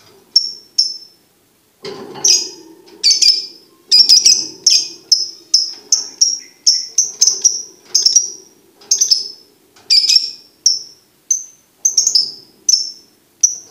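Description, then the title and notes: Lovebird chattering: a long series of sharp, high squeaky chirps, fast and uneven, some doubled, with soft lower sounds beneath. For birds to learn the ngekek song style. "MASTERAN BURUNG. Belajar Ngekek. lofbet"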